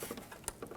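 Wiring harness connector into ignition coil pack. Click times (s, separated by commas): 0.5 s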